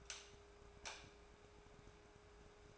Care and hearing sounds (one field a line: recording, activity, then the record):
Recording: daily activity, microphone in the room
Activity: light off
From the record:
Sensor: 2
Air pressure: 1010.1 hPa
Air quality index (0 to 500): 159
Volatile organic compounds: 7 ppm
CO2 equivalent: 1989 ppm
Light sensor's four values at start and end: 42/106/46/51 and 38/91/40/45